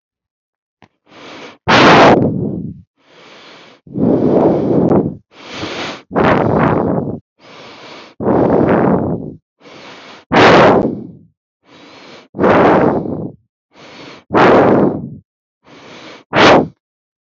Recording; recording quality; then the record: deep breathing; excellent, no background noise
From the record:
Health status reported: healthy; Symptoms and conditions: hypertension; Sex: male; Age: 47 years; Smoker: not ticked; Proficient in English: yes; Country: India